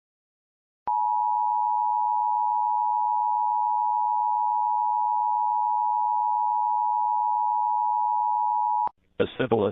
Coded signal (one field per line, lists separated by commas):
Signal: Emergency Alert System (SAME) tones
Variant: 853 and 960 Hz attention tone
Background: speech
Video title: EAS Pt.1 of #8 / CAE warning for 9 counties in California of 3 kids missing (found safe) ‼️